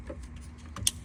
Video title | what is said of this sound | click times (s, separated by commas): 2919 Honda Pilot Push Start Button Switch Replacement | yan, nag-click na, so okay na yan. | 0.9 s